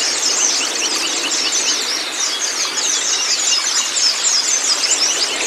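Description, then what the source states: White-eye, dense high twittering and chirping overlapping without pause, a constant shrill wash of rapid notes throughout. White-eye (pleci kacamata si putih) song, meant to get a silent (bisu) pleci singing constantly (gacor).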